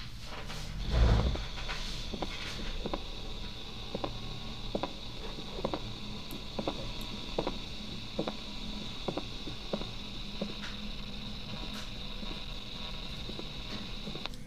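Faint, regular heart sounds at about 70 a minute in an adult, partly buried in steady hiss and a high-pitched whine, in a poor-quality recording. An early diastolic pericardial knock is present, typical of constrictive pericarditis, where a rigid pericardium abruptly stops ventricular filling.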